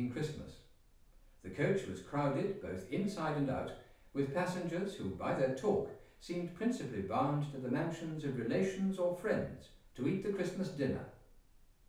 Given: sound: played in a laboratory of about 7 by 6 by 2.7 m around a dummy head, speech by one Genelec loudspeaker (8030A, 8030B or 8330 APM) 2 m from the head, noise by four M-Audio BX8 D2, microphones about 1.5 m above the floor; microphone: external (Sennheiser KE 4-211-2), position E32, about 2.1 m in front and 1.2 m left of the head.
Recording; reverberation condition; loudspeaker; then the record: male speech in English; medium; 120 degrees to the left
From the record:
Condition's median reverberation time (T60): about 510 ms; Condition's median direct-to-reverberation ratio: about -0.5 dB